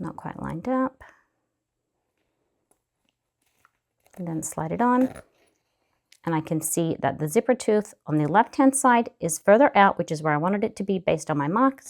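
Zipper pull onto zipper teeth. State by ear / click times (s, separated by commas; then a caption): not seated / none. A zipper pull is readjusted on coil zipper tape because the two sides are not quite lined up, then slid onto the zipper teeth; the left-hand tooth ends up further out, as intended by the mark. Someone talks, with faint small handling ticks at about 2.7, 3.1, 3.6 and 6.1 seconds during a quiet pause. Nothing has seated or clicked yet.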